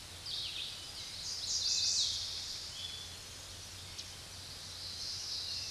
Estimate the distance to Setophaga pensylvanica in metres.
about 25 m